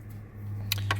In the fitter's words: So in this particular situation, we have this guy, which pops right in, right?